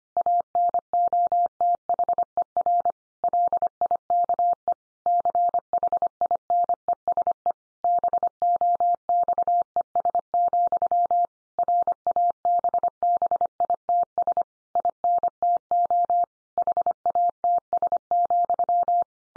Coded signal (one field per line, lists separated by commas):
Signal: Morse code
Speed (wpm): 25 wpm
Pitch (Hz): 700 Hz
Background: none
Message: ANOTHER LIKE CHINESE BOXES, RABBITS INTO HATS,